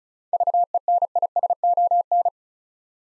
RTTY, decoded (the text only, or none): none